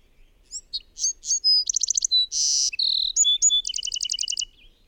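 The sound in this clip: Bird giving a rich, fast song: whistled slurs and trills, a grating buzzy note, then a quick run of repeated high notes.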